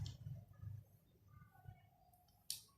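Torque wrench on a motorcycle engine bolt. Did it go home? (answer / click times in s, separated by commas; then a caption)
yes / 2.5 s. A click-type torque wrench tightens one of three engine bolts to 10 N·m (1 kgf·m) on a Yamaha Spark 115i motorcycle during an engine oil change and oil filter replacement. Low rustling and handling sounds lead up to a single sharp click at 2.5 s as the wrench reaches its setting.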